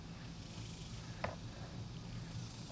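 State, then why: Seated. A Zero Tech Trace Advanced 4.5-27x50mm rifle scope's metal zero-stop plate, under the elevation turret, is turned clockwise with its set screws loosened until it sticks. Over a low steady hum, a single sharp click at 1.2 seconds marks the plate seating into its stop.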